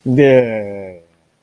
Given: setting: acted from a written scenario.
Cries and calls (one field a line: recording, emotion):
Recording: vocal sound without words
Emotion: contempt